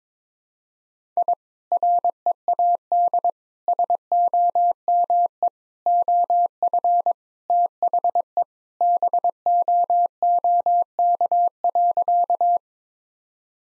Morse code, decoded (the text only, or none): I READ SOME OF THE BOOK.